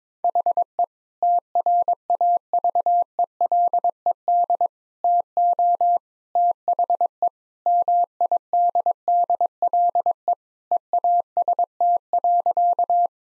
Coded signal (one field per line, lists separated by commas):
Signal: Morse code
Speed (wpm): 22 wpm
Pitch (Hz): 700 Hz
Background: none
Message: HE TRAVELED TO THE MIDDLE EAST.